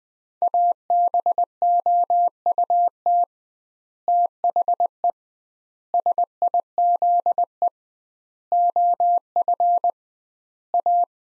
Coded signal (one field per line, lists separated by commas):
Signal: Morse code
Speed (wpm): 20 wpm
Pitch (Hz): 700 Hz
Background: none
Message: ABOUT THE SIZE OF A